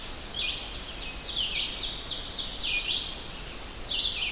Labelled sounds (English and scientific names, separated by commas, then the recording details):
Ovenbird (Seiurus aurocapilla) song
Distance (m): 60 m
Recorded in boreal forest in Alberta, Canada, on 10 June 2016 at 05:49
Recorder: SongMeter 3, array SBT-3-39
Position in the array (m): 208 m, 163 m
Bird 17